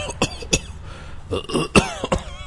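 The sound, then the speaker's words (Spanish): A series of short, harsh coughs, about five sharp bursts spaced irregularly, with a raspy, throaty edge between them and no speech. “Y algo ya me dio tos.”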